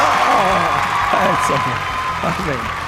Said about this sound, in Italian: E allora non ci sono gli applausi oggi. Mannaggia. Applausi un po' sfumati. Perché oggi applausi un po' più sfumati? Gli applausoni.